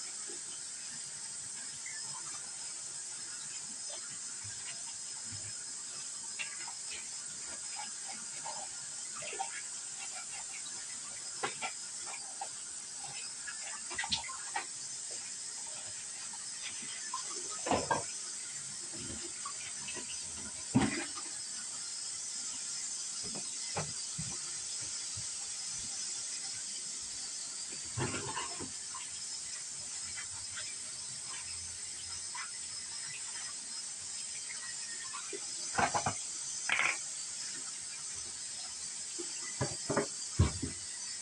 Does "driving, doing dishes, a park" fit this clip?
yes